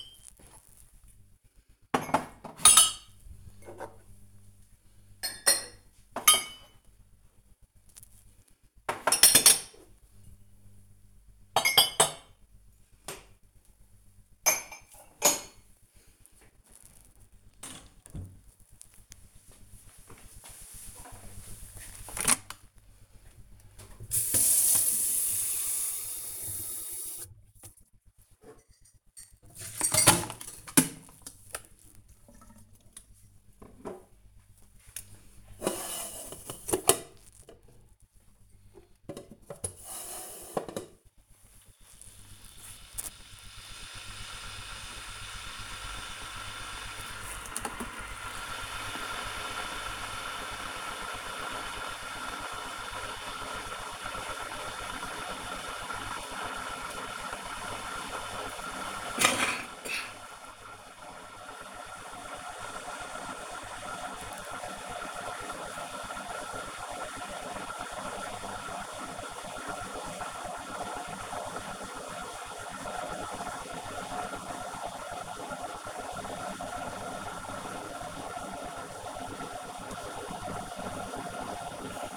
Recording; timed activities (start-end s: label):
household activities, microphone on the right wrist
0.00-17.55 s: putting away the dishes
33.68-82.17 s: making tea